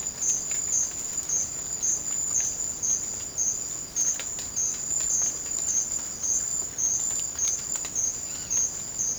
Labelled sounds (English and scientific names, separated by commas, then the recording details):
none
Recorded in secondary vegetation near Puerto Asís, Putumayo, Colombia, on 30 June 2025 at 17:00
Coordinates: 0.500, -76.326
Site GP08